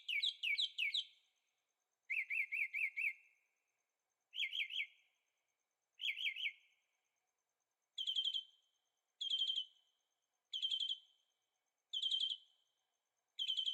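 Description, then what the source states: Bird song in varied phrases: fast chirp clusters, then a run of several even notes, then repeated short whistled phrases about every second and a half, with silence between. Birds singing at night in Carefree, Arizona; recorded with a Zoom H6 and stereo microphones.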